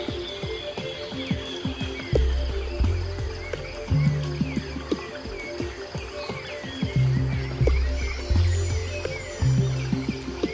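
Nature sounds: faint bird-like chirps and twitters run through the clip over a steady hiss, with frequent sharp clicks and knocks. Deep, low rumbling swells rise several times, around two, four, seven and a half, and nine seconds, each lasting about a second.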